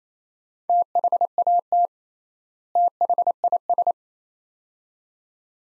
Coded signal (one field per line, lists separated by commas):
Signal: Morse code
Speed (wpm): 28 wpm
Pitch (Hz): 700 Hz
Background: none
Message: THAT THIS